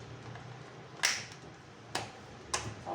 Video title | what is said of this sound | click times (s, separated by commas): unboxing dan rakit mobil aki anak unikid uk 783 part1 | bunyi klik dibagian pipinya jadi dampak baik tinggal ditekan tekan saja dan | 2.0 s, 2.5 s